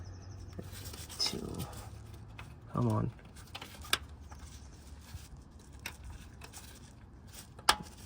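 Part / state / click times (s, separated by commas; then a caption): plastic terminal cover onto a car starter motor / not seated / none. A plastic cover is pressed and worked over the electrical terminal of a starter motor being reinstalled on a 1999 Lincoln Navigator, with scattered small taps and sharp plastic knocks as it is handled and someone talks. Nothing has seated or clicked yet; the cover is still not home when the clip ends.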